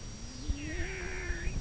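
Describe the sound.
Whale call: a drawn-out tonal moan, slowly rising then leveling, with a fainter higher band above it.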